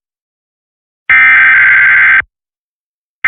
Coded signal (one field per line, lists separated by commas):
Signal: Emergency Alert System (SAME) tones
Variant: header bursts